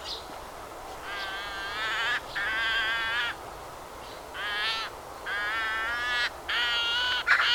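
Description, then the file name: Eurasian magpie giving harsh, grating calls in five drawn-out bursts of up to about a second each, separated by short pauses, over a faint steady background hiss. "Pica pica"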